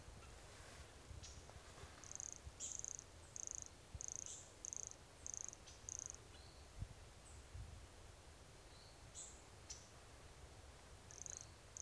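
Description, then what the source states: Brachycephalus sulfuratus giving a series of about seven high, buzzy pulsed notes at an even pace, then a quiet gap and a few more notes, over low rumble. Recorded at Serra do Guaraqueçaba, 22 October 2016; calling animal not collected.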